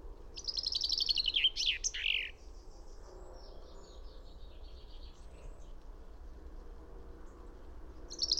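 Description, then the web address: A finch gives a quick descending trill ending in a sharp flourish; softer bird notes follow, and a new phrase begins at the very end. "fugl b-finke"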